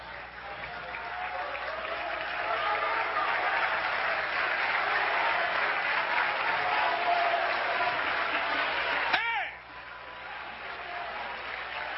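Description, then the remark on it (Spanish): A crowd claps steadily and loudly for about nine seconds, a dense unbroken patter of many hands, then the applause cuts off sharply and the remaining clatter fades to a quieter murmur. “¿Tú sabes lo que es un aplauso? Es un reconocimiento público a una persona.”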